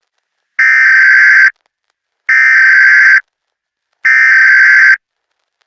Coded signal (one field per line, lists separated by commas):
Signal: Emergency Alert System (SAME) tones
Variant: header bursts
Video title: EAS Scenario - The Unknown